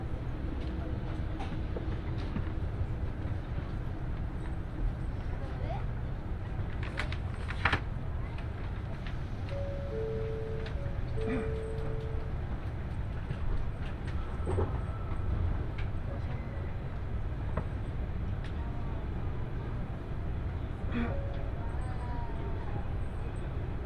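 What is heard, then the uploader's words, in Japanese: A steady, dense low rumble of the Nishi-Kyushu Shinkansen running from Nagasaki toward Saga fills the whole clip. Brief tonal whines and chimes surface around 10–12 seconds and again near 14 and 21 seconds, with scattered faint clicks and murmurs of voices. 西九州新幹線 長崎→佐賀。西九州新幹線の全線通し、全駅停車の列車に乗って佐賀まで向かいます。開業翌日ということもあり、指定席は満席。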